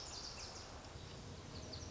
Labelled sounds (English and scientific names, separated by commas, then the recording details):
Lazuli Bunting (Passerina amoena)
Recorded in Sonoma County, California